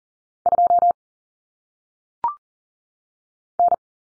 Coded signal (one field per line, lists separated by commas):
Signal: Morse code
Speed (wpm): 40 wpm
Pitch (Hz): 700 Hz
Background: none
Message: 2 N